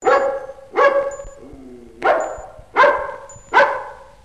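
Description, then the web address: Dog barking: five loud, hoarse barks at irregular intervals over about four seconds, with a short low whine between the second and third. "Hund"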